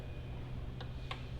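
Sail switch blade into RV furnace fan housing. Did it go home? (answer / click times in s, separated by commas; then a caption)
yes / 1.1 s. A sail switch blade is worked up between the fan blades inside a Dometic Atwood RV furnace housing until it seats. A faint tick at 0.8 s is followed by a sharper click at 1.1 s as the blade pops into place, over a steady low hum. The blade is seated.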